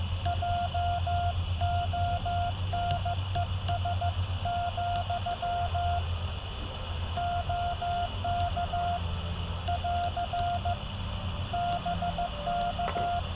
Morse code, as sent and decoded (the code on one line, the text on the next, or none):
.--- --- -. . ... --..-- / --- -.- / .-.-. / -... -.-
JONES, OK <AR> BK